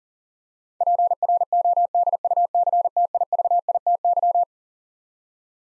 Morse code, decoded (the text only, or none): PRODUCTIVITY